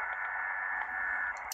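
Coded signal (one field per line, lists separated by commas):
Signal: HF data modem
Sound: steady rushing data hiss in the midrange with faint tones and a few clicks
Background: radio static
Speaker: This is my very first Windlink session with the Lab 599 TX500 mic Papa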